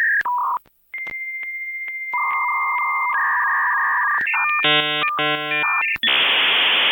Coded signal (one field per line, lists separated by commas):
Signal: dial-up modem handshake